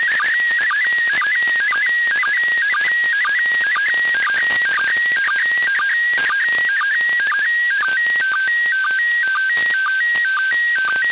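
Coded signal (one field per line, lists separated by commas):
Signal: SSTV (slow-scan television)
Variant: PD120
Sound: warbling tone shifting between pitches, with a short low blip about twice a second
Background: radio hiss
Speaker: I see in the display the signal from the international space station sending slow scan TV pictures I'm using uh the uh mm M SSTV here on the PC and uh the mode is Papa Delta 120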